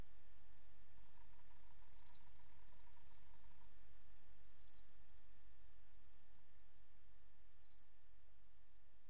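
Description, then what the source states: Cricket chirping, short triple-pulsed high chirps roughly every three seconds, three in all, over a low steady rumble and faint hum. Recorded 28 August 2007; presented as white noise.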